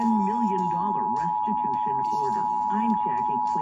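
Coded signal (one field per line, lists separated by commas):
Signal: Emergency Alert System (SAME) tones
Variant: 853 and 960 Hz attention tone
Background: speech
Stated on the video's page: Required Weekly Test captured from AM, FM and TV broadcast stations.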